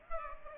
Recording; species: mosquito wingbeat signal from an infrared sensor; Aedes aegypti